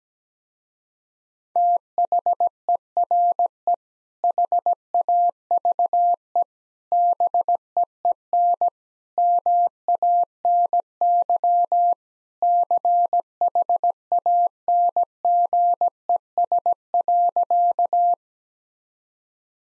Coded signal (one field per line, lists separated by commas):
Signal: Morse code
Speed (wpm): 17 wpm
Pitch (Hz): 700 Hz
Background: none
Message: THERE HAVE BEEN MANY CHANGES.